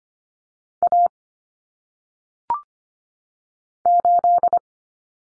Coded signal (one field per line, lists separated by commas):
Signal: Morse code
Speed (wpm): 25 wpm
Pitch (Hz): 700 Hz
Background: none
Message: A 8